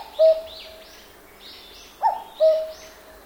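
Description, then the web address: Cuckoo giving its two-note falling cu-ckoo, one cut-off note at the start and then a full pair, with faint higher chirps of other birds behind. Japanese forest. "Sound Effects-Foundation 1 BIRD CUCKOO CALL JAPAN FOREST LOOP"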